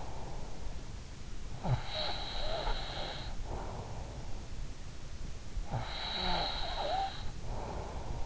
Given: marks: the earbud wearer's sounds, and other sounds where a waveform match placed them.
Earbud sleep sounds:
sounds in sleep by an in-ear microphone; breath
0.83-4.14 s: breath
5.11-8.25 s: breath

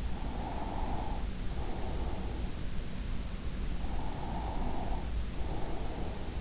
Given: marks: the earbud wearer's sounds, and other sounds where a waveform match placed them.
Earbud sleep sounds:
sounds in sleep by an in-ear microphone; breath
0.00-2.42 s: breath
3.77-6.41 s: breath

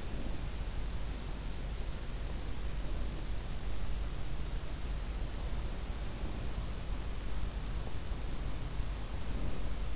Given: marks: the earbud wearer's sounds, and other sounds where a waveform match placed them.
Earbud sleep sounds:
sounds in sleep by an in-ear microphone; breath
0.00-0.54 s: breath
9.24-9.80 s: breath

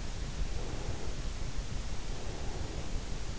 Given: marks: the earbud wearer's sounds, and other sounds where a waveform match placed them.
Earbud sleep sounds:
sounds in sleep by an in-ear microphone; breath
0.38-3.39 s: breath

